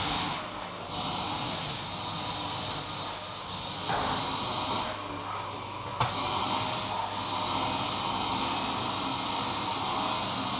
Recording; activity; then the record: daily activity, microphone in the room; vacuum cleaning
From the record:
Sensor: 1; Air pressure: 995.3 hPa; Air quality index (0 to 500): 25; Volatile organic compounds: 1 ppm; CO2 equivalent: 508 ppm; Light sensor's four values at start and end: 13/41/16/17 and 13/43/16/17